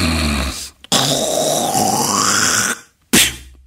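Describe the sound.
A voice mimics a huge spit: a low throaty grunt, then a long loud hissing spray with a rising whistle in it, and after a short pause a final sharp burst. No speech.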